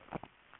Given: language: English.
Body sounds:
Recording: throat vibration sensor signal played as sound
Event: swallow

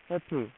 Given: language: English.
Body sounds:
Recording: throat vibration sensor signal played as sound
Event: speech

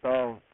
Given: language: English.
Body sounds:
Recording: throat vibration sensor signal played as sound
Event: speech

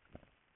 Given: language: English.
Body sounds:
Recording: throat vibration sensor signal played as sound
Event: swallow

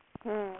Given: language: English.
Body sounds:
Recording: throat vibration sensor signal played as sound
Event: speech

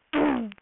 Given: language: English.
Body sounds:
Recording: throat vibration sensor signal played as sound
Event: throat clearing

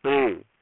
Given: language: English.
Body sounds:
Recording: throat vibration sensor signal played as sound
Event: speech

